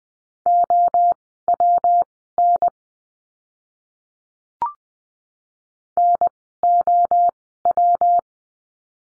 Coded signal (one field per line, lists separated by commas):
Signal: Morse code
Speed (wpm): 20 wpm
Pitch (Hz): 700 Hz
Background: none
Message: OWN NOW